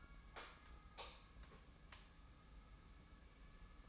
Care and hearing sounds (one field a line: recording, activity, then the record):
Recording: daily activity, microphone in the room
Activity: light off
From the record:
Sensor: 1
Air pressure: 994.4 hPa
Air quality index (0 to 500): 226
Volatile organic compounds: 1000 ppm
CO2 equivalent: 8134 ppm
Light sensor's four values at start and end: 157/363/162/178 and 153/347/156/172